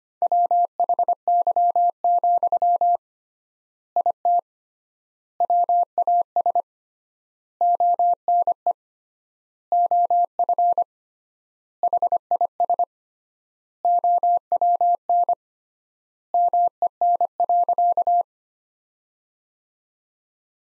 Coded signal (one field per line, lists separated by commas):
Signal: Morse code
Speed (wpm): 25 wpm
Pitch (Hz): 700 Hz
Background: none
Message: WHY, IT WAS ONE OF HIS OWN MEN.